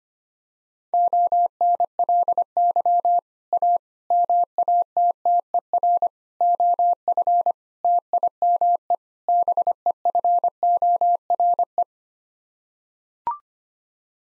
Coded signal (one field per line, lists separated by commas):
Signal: Morse code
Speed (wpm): 25 wpm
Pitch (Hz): 700 Hz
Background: none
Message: ONLY A MATTER OF TIME BEFORE